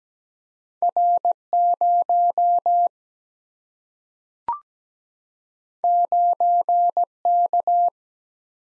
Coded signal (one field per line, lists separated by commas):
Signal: Morse code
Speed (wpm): 17 wpm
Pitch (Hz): 700 Hz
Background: none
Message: R 0 9 K